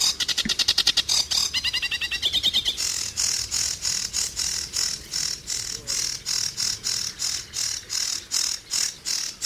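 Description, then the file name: Sedge warbler song: a fast run of dry, rattling notes that shifts into steady, harsh churring pulses repeated about two or three times a second. "Phragmite des joncs"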